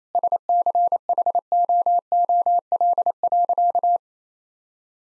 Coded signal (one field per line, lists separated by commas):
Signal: Morse code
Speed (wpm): 28 wpm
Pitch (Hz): 700 Hz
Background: none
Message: SCHOOL.